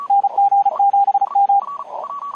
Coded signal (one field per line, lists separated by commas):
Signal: Morse code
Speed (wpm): 34 wpm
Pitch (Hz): 800 Hz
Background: radio noise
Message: NG7M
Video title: January 14, 2021 UARC Meeting: HF Made Easy - Using UARC's HF remote stations in a CW contest